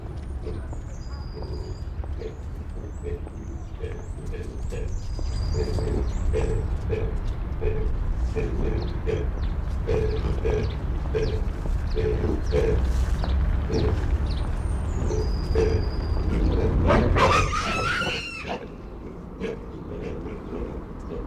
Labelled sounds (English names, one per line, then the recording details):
Hamadryas Baboon
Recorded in captivity
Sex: male
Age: adult
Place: Zoo Berlin, Berlin, DE
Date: 1994-03-05 13:11
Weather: heiter, 4°C, Windböen
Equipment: Marantz CP 430, Sennheiser ME 80, Kopie Uher Variocord 263
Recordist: Tembrock, Günter